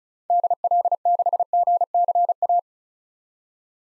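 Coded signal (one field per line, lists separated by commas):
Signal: Morse code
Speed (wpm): 36 wpm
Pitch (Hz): 700 Hz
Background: none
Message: DL6GCA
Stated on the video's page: Morse code drill of common SOTA activator call signs for head-copy at 35 wpm; each call sent, spoken, then sent again.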